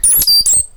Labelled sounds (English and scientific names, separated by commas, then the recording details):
Stitchbird (Notiomystis cincta) song
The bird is a male
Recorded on Tiritiri Matangi Island, New Zealand, in 2005
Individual 8, of nest box 10